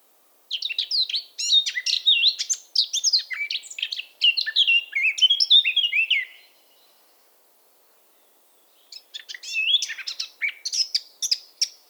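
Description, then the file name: Eurasian blackcap giving a long, hurried warble of mixed sweet and scratchy notes, a short pause, then another fast warbling phrase. "Sylvia atricapilla"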